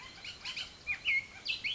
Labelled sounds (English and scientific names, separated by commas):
Bullock's Oriole (Icterus bullockii)